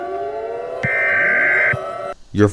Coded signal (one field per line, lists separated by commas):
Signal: Emergency Alert System (SAME) tones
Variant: header bursts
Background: speech